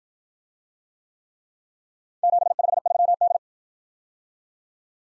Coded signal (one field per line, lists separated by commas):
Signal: Morse code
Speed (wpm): 52 wpm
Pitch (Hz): 700 Hz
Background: none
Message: 753D